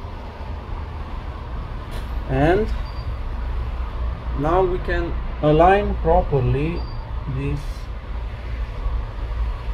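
Someone talks while the charging flex cable connector of a Realme C21Y phone is lined up over its socket on the phone board before being pressed in, with a steady low hum underneath. Nothing has seated or clicked yet.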